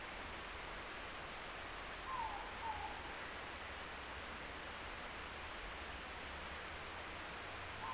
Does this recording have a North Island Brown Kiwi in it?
no